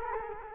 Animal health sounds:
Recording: mosquito wingbeat signal from an infrared sensor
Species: Culex quinquefasciatus

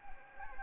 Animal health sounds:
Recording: mosquito wingbeat signal from an infrared sensor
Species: Anopheles gambiae

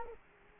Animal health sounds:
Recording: mosquito wingbeat signal from an infrared sensor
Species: Culex quinquefasciatus

